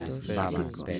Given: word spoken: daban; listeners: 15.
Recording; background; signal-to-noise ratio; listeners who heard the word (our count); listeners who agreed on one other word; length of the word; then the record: one Spanish word in noise, from a listening test; four-talker babble; -2.5 dB; 0 of 15; 10 of 15; 0.60 s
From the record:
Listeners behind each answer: 10, 1, 1, 1, 1, 1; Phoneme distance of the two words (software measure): 20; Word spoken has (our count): 2 syllables, 5 phonemes, stress on syllable 1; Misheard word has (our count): 2 syllables, 5 phonemes, stress on syllable 1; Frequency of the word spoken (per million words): 27.24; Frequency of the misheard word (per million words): 0.62